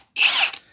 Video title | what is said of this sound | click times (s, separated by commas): Harbor Freight Tools Impact Wrench used on Seized Bolt , HERCULES Torque Impact Wrench Review | because it's so heavy duty there it goes and it locks into place like that | 0.5 s